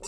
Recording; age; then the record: pig call; weaner (32 to 43 days)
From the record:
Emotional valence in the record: negative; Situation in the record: short isolation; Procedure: open field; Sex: female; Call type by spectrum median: high-frequency call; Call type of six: high-frequency stable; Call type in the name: high-frequency stable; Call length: 0.08 s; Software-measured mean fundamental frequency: 180 Hz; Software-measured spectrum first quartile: 752 Hz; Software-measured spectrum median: 4481 Hz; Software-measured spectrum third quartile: 7239 Hz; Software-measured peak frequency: 400 Hz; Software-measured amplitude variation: 93 dB a second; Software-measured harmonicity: 1.9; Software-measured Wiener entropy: -3.49